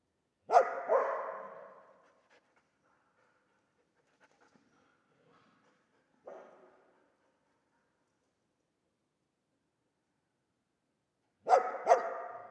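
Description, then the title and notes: Dog gives a double bark, then a long near-silent stretch with one faint bark, before another sharp pair of barks at the end. Old dog trapped in the pool basin of the decaying Palais El Glaoui courtyard, Fès, Morocco; full sun, circling, rising on hind legs to bark at visitors; recorded with Zoom F3 and ORTF microphone. "Fès, Fès-Meknès, Maroc - le chien du palais El Glaoui. Dans la cour du palais (en décrépitude avancée), un vieux chien est "prisonnier" dans le bassin/piscine. Il se dresse sur ses pattes arrières pour entrevoir quelques secondes ce qui se passe dans la cour et "invective" les visiteurs de ses aboiements. JF CAVRO"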